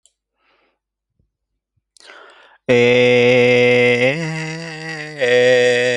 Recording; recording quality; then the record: sustained vowel as in beet; poor, much background noise or distortion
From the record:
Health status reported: healthy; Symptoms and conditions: hypertension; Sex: male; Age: 54 years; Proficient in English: yes